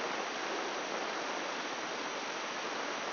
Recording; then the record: brain microelectrode recording played as sound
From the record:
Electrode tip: inside the subthalamic nucleus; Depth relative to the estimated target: -1 mm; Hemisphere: left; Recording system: AlphaMap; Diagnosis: Parkinson's disease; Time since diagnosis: 10 years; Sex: male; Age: 58 years